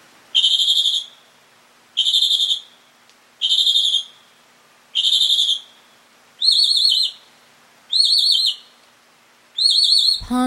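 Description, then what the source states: Mockingbird singing clear ringing phrases about every second and a half, first one note type repeated four times, then a different slurred phrase repeated, ending with a thump. Male.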